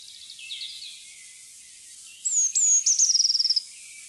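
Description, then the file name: Eurasian blue tit singing a couple of sharp, high down-slurred notes, then a rapid silvery trill; faint chirps earlier in the background. "blaameis"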